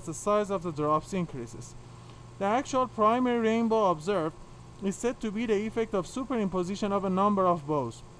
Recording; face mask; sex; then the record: reading aloud; surgical mask; male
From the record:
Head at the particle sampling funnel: tilted down, bridge of the nose in front of it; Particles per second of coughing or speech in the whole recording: 2.92